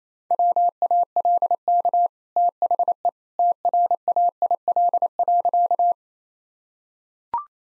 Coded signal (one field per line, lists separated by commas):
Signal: Morse code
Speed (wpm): 28 wpm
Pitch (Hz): 700 Hz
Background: none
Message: WALK THE TRAIL.